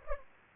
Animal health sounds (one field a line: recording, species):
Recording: mosquito wingbeat signal from an infrared sensor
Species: Anopheles gambiae